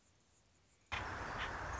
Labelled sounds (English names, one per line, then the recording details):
Anna's Hummingbird
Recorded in Sonoma County, California